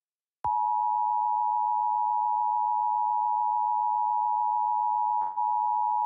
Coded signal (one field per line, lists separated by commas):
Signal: Emergency Alert System (SAME) tones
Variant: 853 and 960 Hz attention tone